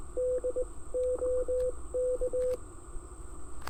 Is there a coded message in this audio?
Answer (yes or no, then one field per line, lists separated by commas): yes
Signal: Morse code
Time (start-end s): 0.2-2.6 s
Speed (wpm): 18 wpm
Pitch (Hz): 500 Hz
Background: radio noise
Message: DOK